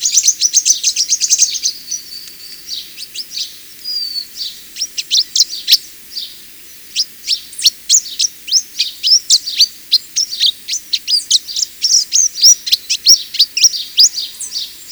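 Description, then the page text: Pin-tailed whydah twittering song, a prolonged run of sharp, high chips and squeaky notes delivered rapidly and almost continuously. Song described as a prolonged twittering. "Pin-tailed Whydah. Audio 2 (M. Oberle)"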